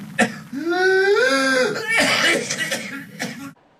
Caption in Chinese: 在咳嗽结束以后呢，出现了一个吸气一样的吼的声音。 有点像鸡鸣一样，所以我们称之为鸡鸣样的咳嗽。听到这种声音的时候，指向了一个病，叫百日咳。 百日咳呢，是由百日咳包特菌导致的。